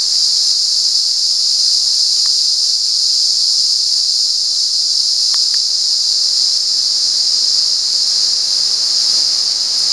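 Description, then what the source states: Cicada drone, a steady high, hissing buzz held without a break throughout, with a few faint brief ticks in the background. Recorded at San Ramon.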